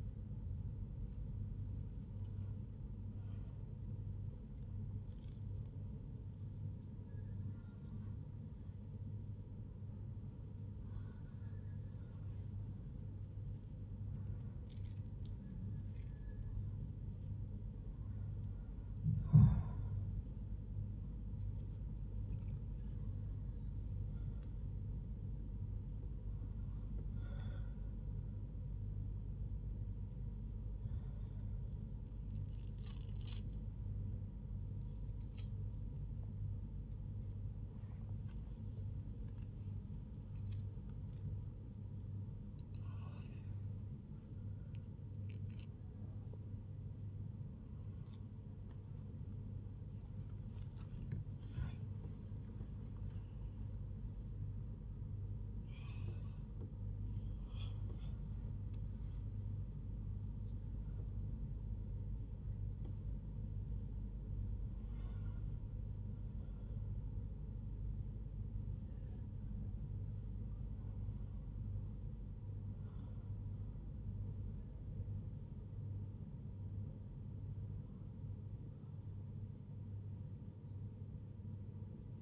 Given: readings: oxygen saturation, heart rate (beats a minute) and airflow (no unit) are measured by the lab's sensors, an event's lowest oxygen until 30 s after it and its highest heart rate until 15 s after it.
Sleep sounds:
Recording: a person awake in a sleep study, by a smartphone at the bedside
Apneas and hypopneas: none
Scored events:
none scored
From the record:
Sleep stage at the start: awake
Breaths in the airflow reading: 28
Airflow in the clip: -0.7 to 0.6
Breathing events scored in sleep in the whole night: 158 in 7.3 hours asleep

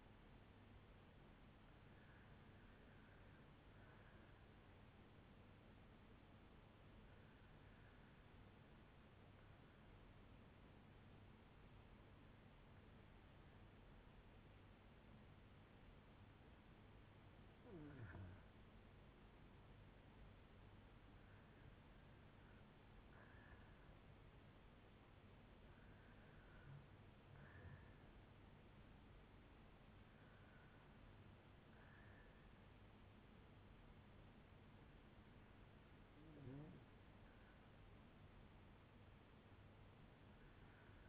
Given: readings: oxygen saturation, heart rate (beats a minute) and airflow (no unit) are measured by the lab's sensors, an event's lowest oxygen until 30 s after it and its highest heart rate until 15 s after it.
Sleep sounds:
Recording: breathing in sleep by a voice recorder at the bedside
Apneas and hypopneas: 1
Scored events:
8.00-25.10 s: hypopnea (REM, oxygen 95% highest, then 92% lowest, heart rate 60 at the start, 70 highest)
From the record:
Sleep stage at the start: REM sleep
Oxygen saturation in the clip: 92 to 97%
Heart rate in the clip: 57 to 70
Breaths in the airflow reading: 8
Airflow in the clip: -6.0 to 7.0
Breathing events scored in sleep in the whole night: 182 in 7.4 hours asleep

